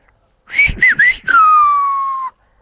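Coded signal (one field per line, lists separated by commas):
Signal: whistled language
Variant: Silbo canario (Gran Canaria)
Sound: short breathy whistled syllables gliding up and down, then one long slowly falling whistle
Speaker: eso que cuando vamos al baile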